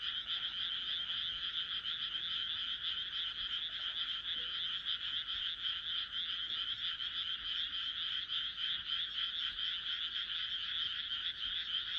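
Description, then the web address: A steady frog chorus of overlapping croaks, forming a smooth, even, continuous trilling sound with little change in volume. "kaeru kaeru"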